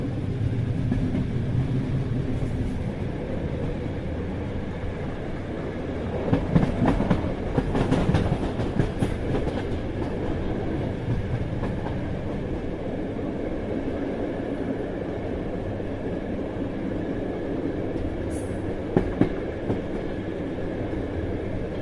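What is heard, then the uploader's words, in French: Inside a train compartment, a steady low rumble of the moving carriage fills the space. Short knocks and rattles break through around seven to nine seconds, and a sharp click or squeak sounds near nineteen seconds. Intérieur d'un compartiment de train.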